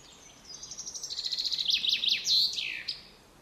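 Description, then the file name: Common chaffinch song: a run of bright high notes speeding into a descending trill, then a loud buzzy flourish near the end, lasting about two and a half seconds. "Fringilla coelebs"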